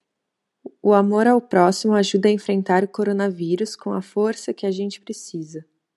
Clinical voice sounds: spoken sentence; Brazilian Portuguese; female; 20 to 29 years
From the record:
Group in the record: control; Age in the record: 22 years

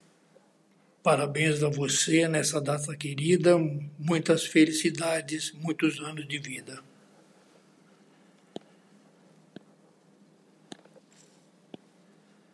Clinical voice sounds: short text; Brazilian Portuguese; female; 70 to 79 years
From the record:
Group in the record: control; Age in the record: 72 years

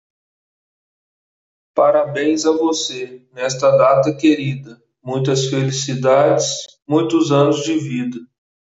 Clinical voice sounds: short text; Brazilian Portuguese; male; 30 to 39 years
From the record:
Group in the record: control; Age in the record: 36 years

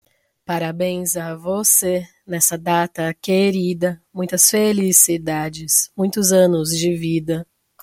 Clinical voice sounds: short text; Brazilian Portuguese; female; 30 to 39 years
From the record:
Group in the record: control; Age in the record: 30 years

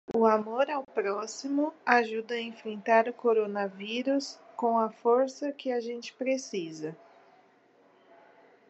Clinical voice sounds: spoken sentence; Brazilian Portuguese; female; 20 to 29 years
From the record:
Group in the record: control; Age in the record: 26 years

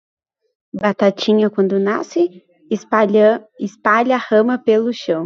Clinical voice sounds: short text; Brazilian Portuguese; female; 20 to 29 years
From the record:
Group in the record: control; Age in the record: 28 years

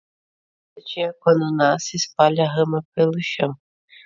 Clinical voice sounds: short text; Brazilian Portuguese; female; 30 to 39 years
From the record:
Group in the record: control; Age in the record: 30 years

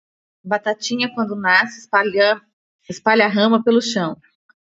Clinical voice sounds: short text; Brazilian Portuguese; female; 30 to 39 years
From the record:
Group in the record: control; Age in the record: 38 years

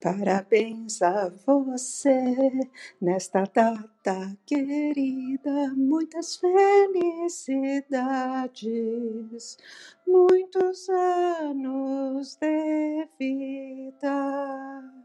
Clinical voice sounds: short text; Brazilian Portuguese; female; 70 to 79 years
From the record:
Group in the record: control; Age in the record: 70 years

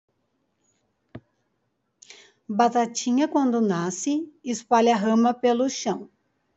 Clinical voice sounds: short text; Brazilian Portuguese; female; 40 to 49 years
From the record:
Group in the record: control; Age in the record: 42 years

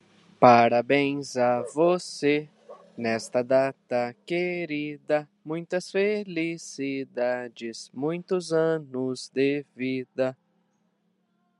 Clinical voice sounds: short text; Brazilian Portuguese; male; 20 to 29 years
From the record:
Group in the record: control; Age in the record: 26 years

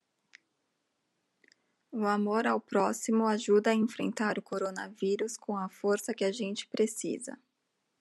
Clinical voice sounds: spoken sentence; Brazilian Portuguese; female; 30 to 39 years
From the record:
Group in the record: control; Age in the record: 38 years

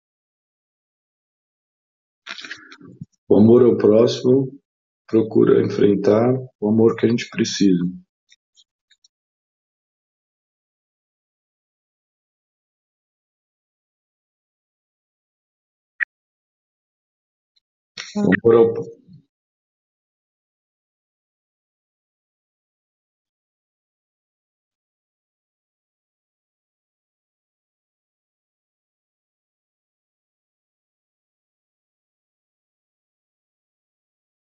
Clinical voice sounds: spoken sentence; Brazilian Portuguese; male; 50 to 59 years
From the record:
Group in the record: control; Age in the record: 58 years

